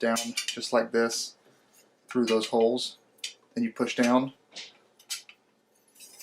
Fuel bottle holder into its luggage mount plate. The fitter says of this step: locks into place